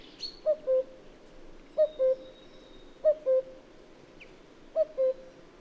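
Cuckoo sounding four two-note 'cu-coo' calls, the second note lower, over quiet background with a faint high bird note.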